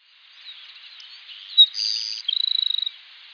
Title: LuckyPassaro Completos2Sama. Grassland Sparrow (Ammodramus humeralis)